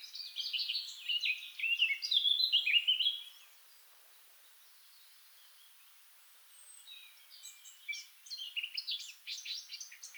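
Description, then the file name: Eurasian blackcap song, a loud scratchy warble for three seconds, a pause, then softer chattering that builds into another phrase. "Sylvia atricapilla"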